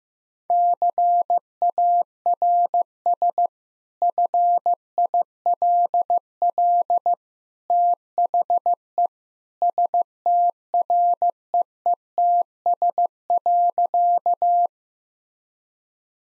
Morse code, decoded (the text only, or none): CARS FILL THE STREETS.